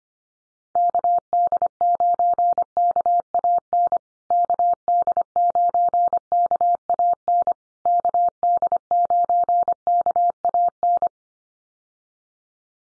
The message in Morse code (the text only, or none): KD9KAN KD9KAN KD9KAN